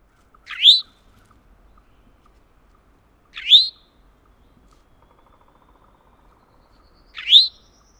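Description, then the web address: Eastern towhee calls, a clear rising slurred note repeated three times at intervals of a few seconds. "Thumbs Plus Zoo Field Guide Repository Sounds Eastern. Towhee"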